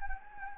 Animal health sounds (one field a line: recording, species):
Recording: mosquito wingbeat signal from an infrared sensor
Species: Anopheles gambiae